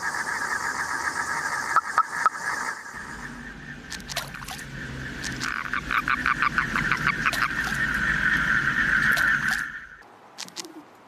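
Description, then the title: Asian common toad giving rapid pulsed trills that run in bursts and then a longer steady trill, over noisy background sounds and a few clicks. Seen in city storm drains and mountain streams; breeding largely not tied to season. "有個黑眶的蟾蜍"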